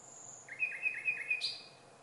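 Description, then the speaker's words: Common Nightingale song fragment: a high thin whistle, then four quick repeated notes and a brief higher note at the end, all in a quiet background. Male song; more varied motifs mean greater success with females, while a male repeating only two motifs is not a particularly good male. "Das heißt, wenn also eine Nachtigall nur zwei Motive immer wieder wiederholt, ist das kein besonders tolles Männchen."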